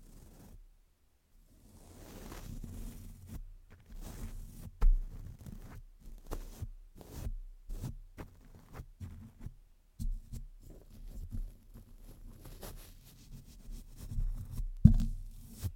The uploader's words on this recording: ASMR mic brushing without any talking.